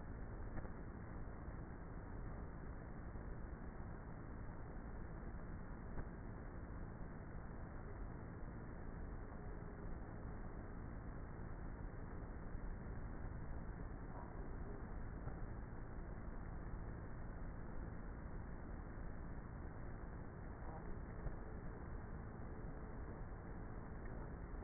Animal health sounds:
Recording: honeybee colony, microphone inside the hive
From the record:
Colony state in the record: queenless with a low population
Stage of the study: before two queens were removed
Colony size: about 30,000 bees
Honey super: no

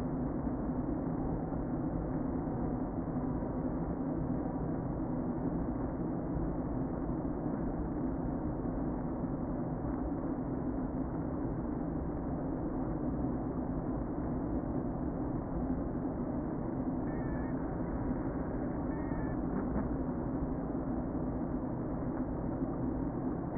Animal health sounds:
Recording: honeybee colony, microphone inside the hive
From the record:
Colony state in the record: queen present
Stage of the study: before two queens were removed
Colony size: about 60,000 bees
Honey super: yes

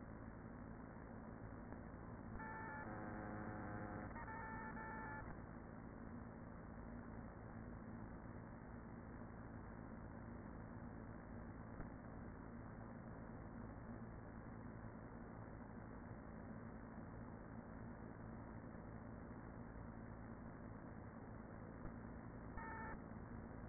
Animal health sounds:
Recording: honeybee colony, microphone inside the hive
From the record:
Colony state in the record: queen present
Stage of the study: after two queens were removed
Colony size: about 40,000 bees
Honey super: no

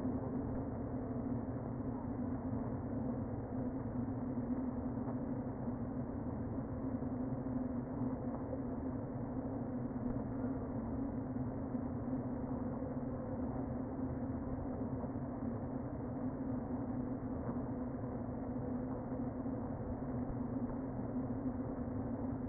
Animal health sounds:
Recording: honeybee colony, microphone inside the hive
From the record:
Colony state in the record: queen present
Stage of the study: before two queens were removed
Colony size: about 60,000 bees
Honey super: yes

